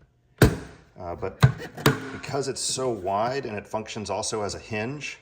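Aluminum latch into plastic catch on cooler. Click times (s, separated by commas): 0.4 s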